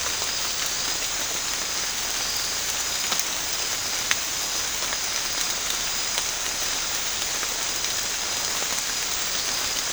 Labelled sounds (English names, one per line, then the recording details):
none
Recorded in secondary vegetation near Puerto Asís, Putumayo, Colombia, on 8 March 2025 at 02:30
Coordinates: 0.502, -76.326
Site G100